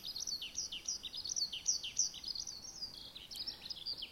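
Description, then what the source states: Eurasian Skylark singing a fast, continuous run of high, scratchy chirping notes and short trills over a soft background hiss. Sings while soaring high from early spring; complex song, likened to 'gyo-gyo-gyo' and 'ju-ju-ju', used mainly to declare territory; found in rice fields and open plains.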